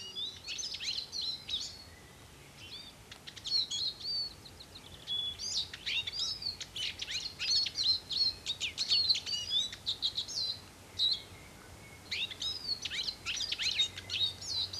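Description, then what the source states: Eurasian siskin song: fast, taut, high twittering in bursts, with brief pauses and a few drawn, wheezy notes; a faint low hum underneath. Song is a modest, fast, taut twittering that repeats itself with a swing; one of Finland's most common winter birds.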